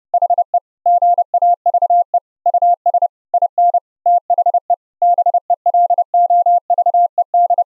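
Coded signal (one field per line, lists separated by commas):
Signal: Morse code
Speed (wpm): 30 wpm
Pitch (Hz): 700 Hz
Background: none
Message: HE GAVE US IN THE BELOVED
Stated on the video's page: Morse audio sent live over the internet using FFMPEG with the Opus codec, low-delay mode, 4 kHz cutoff.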